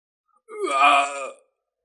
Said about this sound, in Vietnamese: Điện Bất Dịch khàn khàn kêu lên một tiếng, giống như không thể tự chủ vậy.